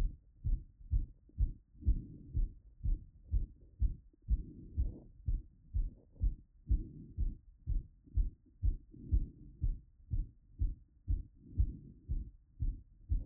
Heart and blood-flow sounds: heart sounds by stethoscope after running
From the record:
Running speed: 8 mph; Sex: male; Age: 20 to 29 years

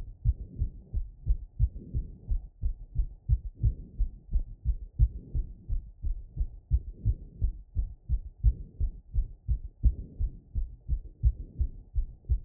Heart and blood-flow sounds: heart sounds by stethoscope after running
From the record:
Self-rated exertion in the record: vigorous exertion (4 of 6); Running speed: 10 mph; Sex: female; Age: 28 years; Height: 155 cm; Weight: 44 kg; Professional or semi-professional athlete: no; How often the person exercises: 3 to 5 times a week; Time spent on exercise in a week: over 5 hours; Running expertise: yes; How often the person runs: 3 to 5 times a week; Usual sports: running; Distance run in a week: 45 km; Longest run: 32 km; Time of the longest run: 200 minutes

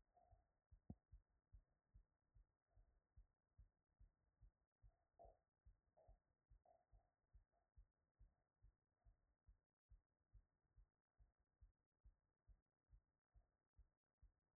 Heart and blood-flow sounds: heart sounds by stethoscope after running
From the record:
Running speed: 5 mph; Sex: female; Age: 30 to 39 years

